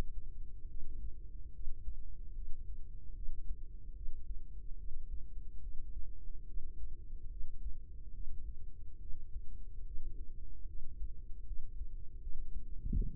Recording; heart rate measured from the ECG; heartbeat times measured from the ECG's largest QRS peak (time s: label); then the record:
heart sounds by microphone in the right ear; 73 bpm
0.67 s: heartbeat
1.52 s: heartbeat
2.34 s: heartbeat
3.14 s: heartbeat
3.94 s: heartbeat
4.76 s: heartbeat
5.60 s: heartbeat
6.46 s: heartbeat
7.29 s: heartbeat
8.12 s: heartbeat
8.99 s: heartbeat
9.84 s: heartbeat
10.66 s: heartbeat
11.45 s: heartbeat
12.20 s: heartbeat
12.94 s: heartbeat
From the record:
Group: healthy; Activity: cold pressor test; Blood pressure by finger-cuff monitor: 116/48 mmHg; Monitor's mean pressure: 73 mmHg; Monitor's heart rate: 71 bpm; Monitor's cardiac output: 10.1 L/min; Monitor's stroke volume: 140 mL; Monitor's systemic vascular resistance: 530 dyn s/cm5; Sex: female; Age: 32 years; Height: 168 cm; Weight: 61.9 kg